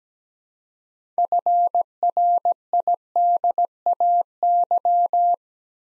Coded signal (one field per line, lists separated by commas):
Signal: Morse code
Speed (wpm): 17 wpm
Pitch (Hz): 700 Hz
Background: none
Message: FRIDAY